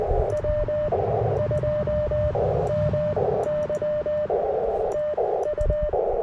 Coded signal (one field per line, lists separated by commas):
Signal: Morse code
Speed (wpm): 20 wpm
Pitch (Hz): 1800 Hz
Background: radio noise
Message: W2MY TU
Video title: 10M Loop And 30M Vertical CW POTA Activation